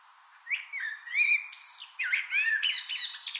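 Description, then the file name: Eurasian blackbird song: a brief swooping fluted phrase, a high squeaky note, then a jumbled twittering flourish. "Turdus merula"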